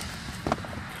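A part of the seat belt or crotch strap for a Clek Fllo child car seat is slid through the hole and into its slot. A short, sharp double click at 0.5 s and 0.5 s shows it locking into place over a low steady background hum.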